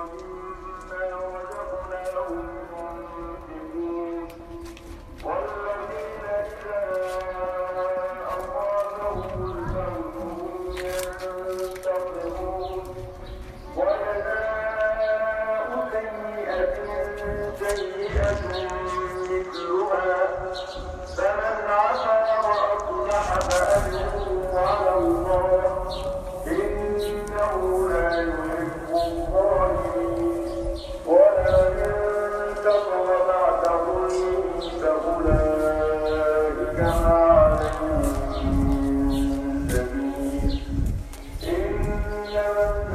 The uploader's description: one of our tour guides singing in a cistern at Masada